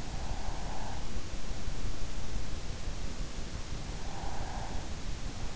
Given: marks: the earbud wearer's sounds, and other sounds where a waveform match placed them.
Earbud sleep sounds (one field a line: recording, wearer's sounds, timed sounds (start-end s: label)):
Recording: sounds in sleep by an in-ear microphone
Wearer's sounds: breath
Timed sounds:
0.00-1.31 s: breath
3.77-5.09 s: breath